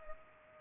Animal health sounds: mosquito wingbeat signal from an infrared sensor; Culex pipiens

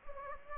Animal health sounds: mosquito wingbeat signal from an infrared sensor; Anopheles gambiae

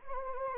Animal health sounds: mosquito wingbeat signal from an infrared sensor; Anopheles gambiae

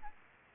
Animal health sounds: mosquito wingbeat signal from an infrared sensor; Aedes aegypti

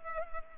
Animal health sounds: mosquito wingbeat signal from an infrared sensor; Culex pipiens

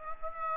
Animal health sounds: mosquito wingbeat signal from an infrared sensor; Aedes aegypti

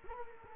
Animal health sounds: mosquito wingbeat signal from an infrared sensor; Culex quinquefasciatus

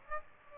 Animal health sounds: mosquito wingbeat signal from an infrared sensor; Aedes aegypti

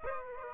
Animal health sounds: mosquito wingbeat signal from an infrared sensor; Aedes aegypti

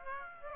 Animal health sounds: mosquito wingbeat signal from an infrared sensor; Aedes aegypti

